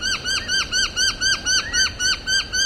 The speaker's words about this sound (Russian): Вот черношапочную монорину мы запомнили довольно много, потому что это действительно noisy, действительно шумная птица. Если что-то орёт в Сиднее, то, скорее всего, с вероятностью там 90% это как раз монорина.